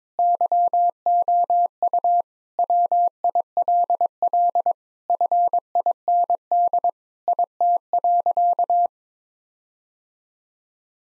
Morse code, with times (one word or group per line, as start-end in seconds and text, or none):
0.2-2.2 YOU
2.6-4.7 WILL
5.1-6.9 FIND
7.3-8.9 IT.